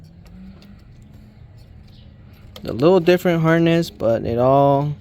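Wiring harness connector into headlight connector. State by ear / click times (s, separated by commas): not seated / none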